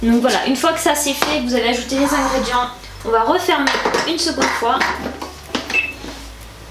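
Someone talks while the lid of a Thermomix kitchen robot mixing bowl is closed, with light clinking of dishes and utensils. At 5.6 s the lid locks into place with a short, sharp click, and it is locked.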